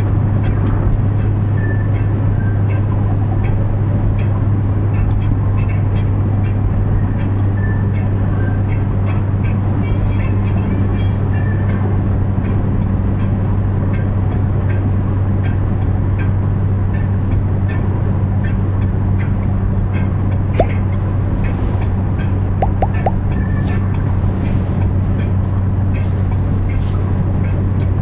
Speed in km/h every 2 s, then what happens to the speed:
116, 116, 114, 114, 112, 111, 111, 110, 110, 110, 109, 108, 108, 108.
0-28 steady at about 110.